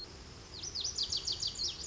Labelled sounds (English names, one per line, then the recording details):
Lazuli Bunting
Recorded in Sonoma County, California